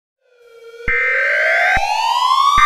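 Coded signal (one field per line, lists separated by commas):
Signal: Emergency Alert System (SAME) tones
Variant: header bursts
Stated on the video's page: Fictional EAS scenario.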